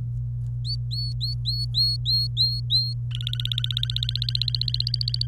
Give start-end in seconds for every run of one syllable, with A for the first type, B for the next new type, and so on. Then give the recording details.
0.65-2.93 A, 3.11-5.27 B. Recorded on 26 April 2018 at 08:33. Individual llb3